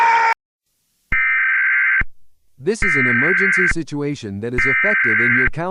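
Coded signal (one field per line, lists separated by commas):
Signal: Emergency Alert System (SAME) tones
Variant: header bursts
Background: speech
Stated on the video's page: Fictional EAS scenario.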